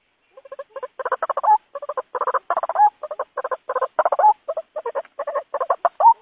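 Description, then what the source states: White-breasted waterhen chattering: fast, rattling guttural notes in clusters, some ending in a brief rising whistled note. Lure call used to attract the bird.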